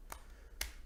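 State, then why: Seated. The battery door of a VandyVape Pulse BF80 vape box mod, the Tony B Project edition, is closed onto the mod body. A faint tick at 0.1 s is followed by a louder, sharp click at 0.6 s as the door seats. The door closes and holds firmly, with no rattle.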